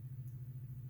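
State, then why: Not seated. A .223 cartridge casing is slid through the flat side of a plastic bullet-puller insert. A steady low hum runs throughout with no sharp transients. Nothing has seated or clicked yet.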